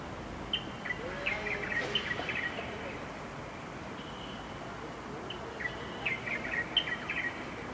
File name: Chinese Bulbul